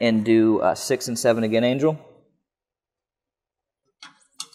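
Someone talks while the right sliding rail of a Dell PowerEdge R750 server is lined up on rack holes six and seven, ready for its front pegs to be pushed into the rack post. After a pause, faint handling knocks come at about 4.0 s and 4.4 s, but nothing has seated or clicked yet.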